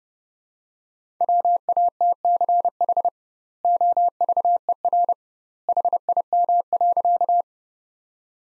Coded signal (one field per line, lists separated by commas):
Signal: Morse code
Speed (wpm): 30 wpm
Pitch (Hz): 700 Hz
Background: none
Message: WATCH OVER HIM.